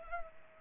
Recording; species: mosquito wingbeat signal from an infrared sensor; Culex pipiens